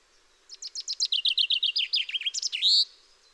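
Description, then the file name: Common chaffinch singing a bright rattling phrase, quick repeated notes falling in pitch, then a closing flourish. "Fringilla coelebs"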